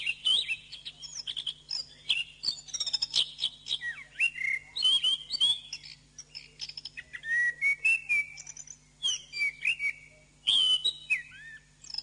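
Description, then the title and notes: Bird song, lively varied warbling of high whistles, clicks and downward-sliding notes, delivered in quick bursts with a continuous low hum in the background. Masteran recording, played to teach caged birds their song. "MASTERAN BURUNG. suarane manok"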